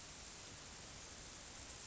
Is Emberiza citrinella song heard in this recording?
no